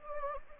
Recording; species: mosquito wingbeat signal from an infrared sensor; Anopheles gambiae